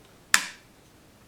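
The metal cocking and loading mechanism of an FX Wildcat Mk1 bullpup air rifle, broken for years and now being fixed, is closed down into the action. It snaps sharply into place at 0.3 s, a bright crack that fades within about a quarter second into quiet. The snap confirms the mechanism is aligned and seated correctly.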